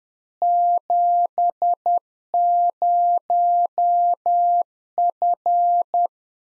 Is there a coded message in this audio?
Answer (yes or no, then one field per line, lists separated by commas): yes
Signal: Morse code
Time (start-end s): 0.4-6.1 s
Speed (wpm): 10 wpm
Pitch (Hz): 700 Hz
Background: none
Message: 70F